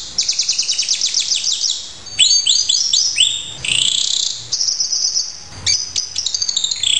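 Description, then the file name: Horsfield's bush lark song: rapid high series of sharp chirps, then slurred downward whistles and buzzy notes, varied. "branjangan raja kayangan masteran"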